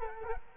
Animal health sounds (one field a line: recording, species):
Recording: mosquito wingbeat signal from an infrared sensor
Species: Culex quinquefasciatus